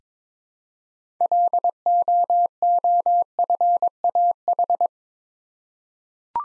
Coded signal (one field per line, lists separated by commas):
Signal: Morse code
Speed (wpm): 22 wpm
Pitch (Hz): 700 Hz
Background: none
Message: LOOFAH